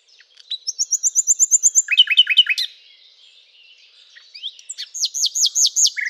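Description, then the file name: Common nightingale song: a fast series of high repeated notes, then a run of rich descending chirps, a brief pause, a rising whistle and another rapid, loud repeated-note phrase. "Luscinia megarhynchos"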